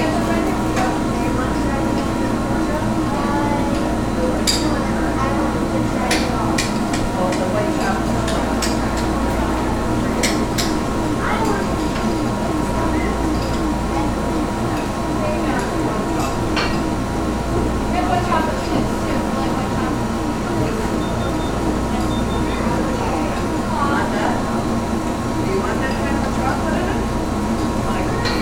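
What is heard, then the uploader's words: Ice cream parlor ambience: a dense, steady murmur of overlapping voices fills the room, with a low hum running underneath throughout. Short clinks and clatters of dishes or utensils pop out now and then, especially around 5 to 12 seconds. Ice Cream Parlor Ambience.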